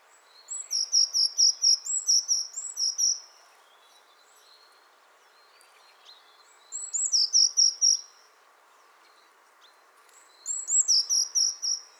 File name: Cyanistes caeruleus